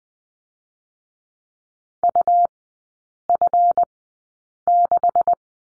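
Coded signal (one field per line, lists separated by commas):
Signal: Morse code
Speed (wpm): 19 wpm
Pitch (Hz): 700 Hz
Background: none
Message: UF6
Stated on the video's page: Morse code course lesson on the letter F, three-character groups at Farnsworth speed 20/10 wpm.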